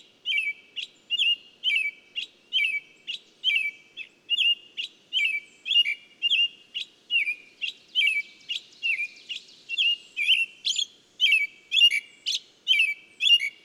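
Bird song: steady stream of bright chirps, roughly two per second, becoming busier and more jumbled toward the end.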